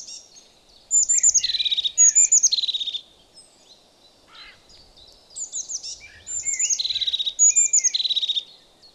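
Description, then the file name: Crested tit giving high, rapid trilled song phrases, a first burst early on and a second after a brief pause, with thin sweeping notes mixed in. "Kuifmees"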